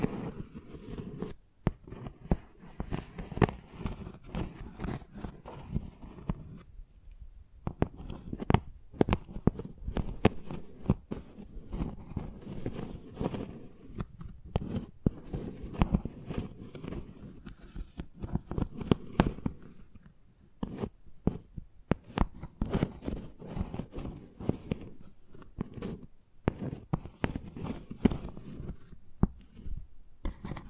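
Chalk taps and scratches in dense, irregular bursts of sharp clicks and gritty scraping, with brief pauses near seven and twenty seconds.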